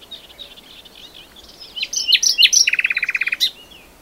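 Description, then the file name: Common nightingale singing a varied phrase: soft high twitters building into loud sharp notes and a fast rattling run of repeated notes near the end. "Luscinia megarhynchos"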